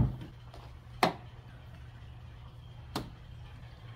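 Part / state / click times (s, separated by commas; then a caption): trunk lid gas strut end socket on ball stud / released / 1.0 s. Someone pulls the small retaining tab on an old trunk lid gas strut, and its socket end releases from the ball stud with a sharp click at 1.0 s. A fainter tick follows at about 3.0 s over a steady low hum, and the strut end comes free.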